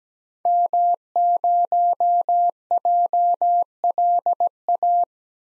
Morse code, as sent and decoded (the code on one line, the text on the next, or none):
-- ----- .--- .-.. .-
M0JLA